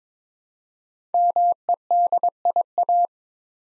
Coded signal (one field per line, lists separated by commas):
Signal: Morse code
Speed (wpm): 23 wpm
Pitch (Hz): 700 Hz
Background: none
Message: MEDIA